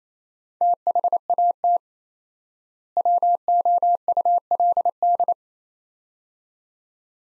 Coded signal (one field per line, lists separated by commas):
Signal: Morse code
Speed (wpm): 27 wpm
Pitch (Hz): 700 Hz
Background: none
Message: THAT WOULD